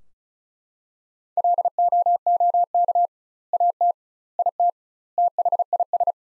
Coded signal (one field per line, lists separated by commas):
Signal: Morse code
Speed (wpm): 35 wpm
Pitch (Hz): 700 Hz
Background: none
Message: LOOK AT IT THIS